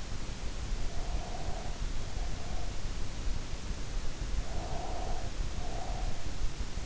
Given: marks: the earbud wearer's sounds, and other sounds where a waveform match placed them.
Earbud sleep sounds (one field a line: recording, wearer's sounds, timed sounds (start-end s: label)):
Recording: sounds in sleep by an in-ear microphone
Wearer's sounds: breath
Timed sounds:
0.88-2.96 s: breath
4.39-6.34 s: breath